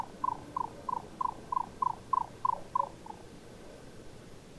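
Egyptian nightjar call: a series of about ten short, low notes, roughly three per second, fading at the end, over quiet background hiss.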